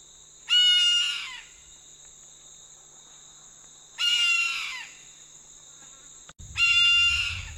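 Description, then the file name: Red-throated caracara giving three loud, harsh, raspy calls, each about a second long and falling at the end, over a steady high insect-like hum; a low rumble near the end. "Canto do gaviao de anta"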